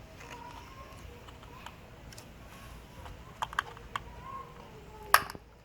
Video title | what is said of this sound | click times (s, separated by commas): HOW TO INSTALL JB4 AND ADD 60HP TO YOUR BMW | as you can hear there the audible click means the connector is removed | 5.1 s